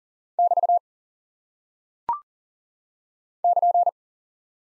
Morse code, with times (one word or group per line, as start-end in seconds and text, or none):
0.4-0.8 <BT>
3.4-3.9 <KN>